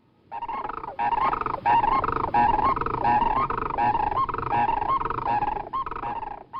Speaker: The sights and sounds of thousands of sandhill cranes are truly one of Indiana's unforgettable experiences.